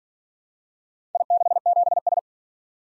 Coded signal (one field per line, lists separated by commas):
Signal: Morse code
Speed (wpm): 47 wpm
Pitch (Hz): 700 Hz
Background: none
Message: I67S